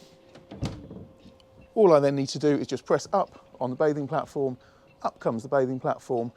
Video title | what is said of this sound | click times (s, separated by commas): Princess V57 Revisited! Yacht Tour Walkthrough Stunning Motorcruiser, Ultimate Solent Cruiser! | once that's down so you hear it clunk down into place | 0.7 s